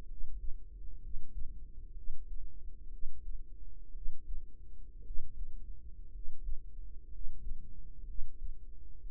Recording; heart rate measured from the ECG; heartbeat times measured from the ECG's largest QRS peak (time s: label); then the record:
heart sounds by microphone in the right ear; 60 bpm
0.04 s: heartbeat
0.98 s: heartbeat
1.92 s: heartbeat
2.88 s: heartbeat
3.91 s: heartbeat
5.01 s: heartbeat
6.09 s: heartbeat
7.08 s: heartbeat
8.04 s: heartbeat
9.02 s: heartbeat
From the record:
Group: healthy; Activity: cold pressor test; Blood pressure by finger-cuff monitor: 115/65 mmHg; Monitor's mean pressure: 78 mmHg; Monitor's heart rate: 61 bpm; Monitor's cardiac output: 5.1 L/min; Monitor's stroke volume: 85 mL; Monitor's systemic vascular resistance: 1110 dyn s/cm5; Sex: male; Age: 25 years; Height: 170 cm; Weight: 70.4 kg